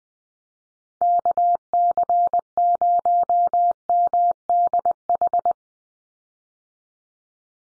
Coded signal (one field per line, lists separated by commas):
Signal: Morse code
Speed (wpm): 20 wpm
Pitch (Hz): 700 Hz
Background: none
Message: KC0MDH